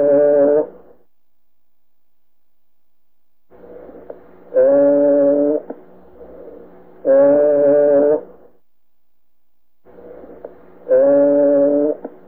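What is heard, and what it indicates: Through the stethoscope over the chest, usually the posterior chest wall, three sustained, steady-pitched voice sounds of about a second each, the patient saying "E", have a nasal, bleating quality, separated by soft breath noise. This is egophony, increased voice resonance caused by pleural effusion, pneumonia or fibrosis.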